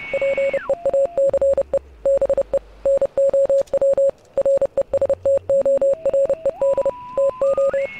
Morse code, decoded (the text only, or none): PEACE BE NOW RESTORED TO